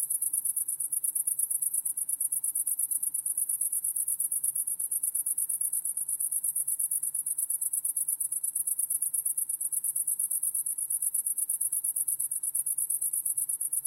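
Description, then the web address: Cricket trilling continuously, a piercing high-pitched pulsing that never pauses, over a quiet low hum. Wide stereo recording. "lynne-publishing Crickets Wide Stereo"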